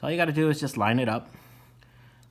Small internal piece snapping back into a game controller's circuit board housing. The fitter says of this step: it in give it a firm push you'll feel it click and that's it